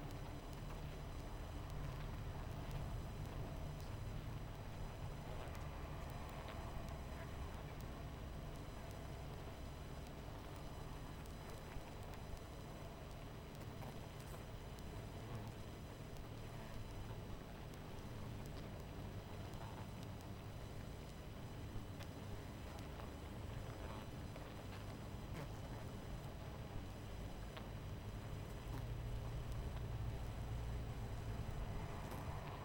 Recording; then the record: honeybee colony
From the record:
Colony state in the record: missing queen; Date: 14 July 2017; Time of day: 22:37